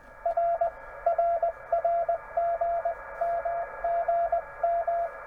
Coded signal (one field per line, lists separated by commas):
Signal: Morse code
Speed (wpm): 18 wpm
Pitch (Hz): 690 Hz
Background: none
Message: R RR GM GM